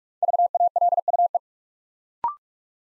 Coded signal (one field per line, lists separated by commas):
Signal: Morse code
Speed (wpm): 44 wpm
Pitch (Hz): 700 Hz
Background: none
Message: VALUE